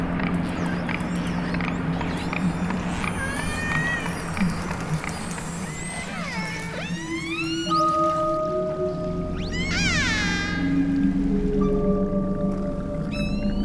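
Whale vocalizations: many overlapping swooping whistles and squeals, fast buzzing click bursts and several long level tones, over a constant low hum.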